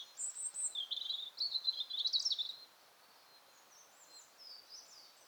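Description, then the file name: European robin song phrase of high, thin warbles and glittering trills lasting over two seconds, followed by faint, softer notes and quiet. "Erithacus rubecula"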